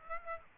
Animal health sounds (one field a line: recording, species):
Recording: mosquito wingbeat signal from an infrared sensor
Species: Aedes aegypti